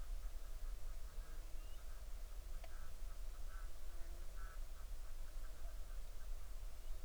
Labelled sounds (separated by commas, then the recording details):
bird
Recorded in the Arctic National Wildlife Refuge, Alaska, on 20 July 2019 at 02:42
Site 38